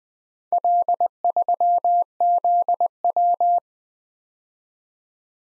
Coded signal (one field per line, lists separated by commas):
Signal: Morse code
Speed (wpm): 20 wpm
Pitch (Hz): 700 Hz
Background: none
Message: L3ZW